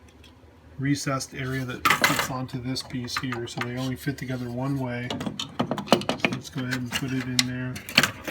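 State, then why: Not seated. A pinball ball diverter from a Williams Space Station pinball machine is handled over its keyed plastic mounting piece, whose recessed area lets the two fit together only one way, while someone talks. A quick run of light clicks and taps comes between about 5.6 and 6.3 seconds, with a few softer handling noises at the very start and end. The clip ends before the diverter goes home, so nothing has seated or clicked into place yet.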